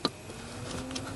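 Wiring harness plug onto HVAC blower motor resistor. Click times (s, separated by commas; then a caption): 0.1 s. On a 2008 Ford F350 Super Duty with a fan speed fault, the plastic wiring harness plug is pushed onto the terminal of the HVAC blower motor resistor after the resistor has been screwed back in. A sharp snap at 0.1 s marks the latch engaging, followed by a low background hum and faint small ticks. The plug is seated fully and the job is finished.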